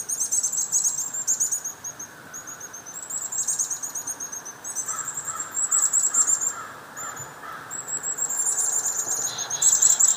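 Chickadees mobbing in a dense, agitated chorus. High chips and buzzy dee notes run almost without pause, with rougher, lower notes in the middle.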